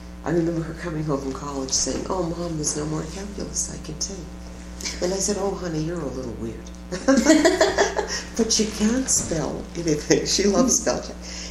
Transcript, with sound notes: I remember her coming home from college, saying “Oh Mom, there's no more calculus I can take.” And I said, “Oh honey, you're a little weird”. [laughter] But she can't spell, and I think she loves spellcheck.